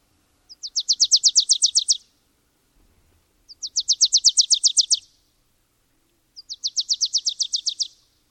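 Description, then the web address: Wilson's warbler singing a rapid, dry chattering trill of about a dozen quick notes, repeated three times at roughly three-second intervals, in otherwise quiet surroundings. "Thumbs Plus Zoo Field Guide"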